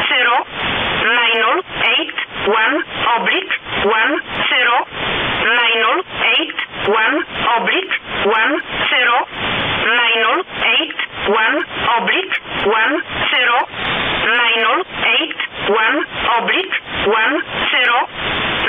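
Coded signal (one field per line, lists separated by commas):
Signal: numbers station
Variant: E11a (Oblique)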